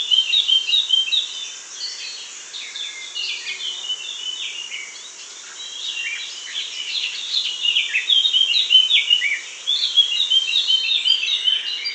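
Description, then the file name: Eurasian blackcap singing almost continuously, a dense, hurried warble of high chattering and slurred notes that dips slightly midway and swells again. "Sylvia atricapilla"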